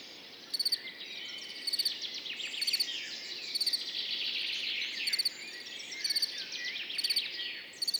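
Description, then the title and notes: Field cricket chirping, short bursts of about four pulses repeated roughly once a second, over a busy dawn chorus of many birds. Field cricket singing continuously among orchids, Montagne du Puy, 10 June 2019, morning after a mild night; birds waking and insects warming in background; stereo recording, Nagra Seven with MKH40 microphone. "Montagne du Puy. le grillon champêtre"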